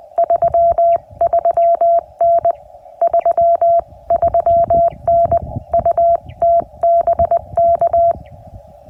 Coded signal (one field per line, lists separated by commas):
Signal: Morse code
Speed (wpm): 20 wpm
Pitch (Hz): 680 Hz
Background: none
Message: 33N 33N UT BK